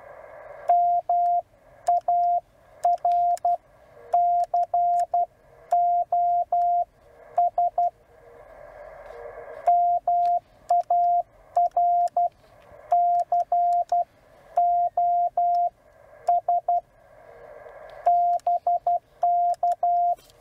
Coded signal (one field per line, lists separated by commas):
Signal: Morse code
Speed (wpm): 12 wpm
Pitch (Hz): 700 Hz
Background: radio noise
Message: MARCOS MAR COS BK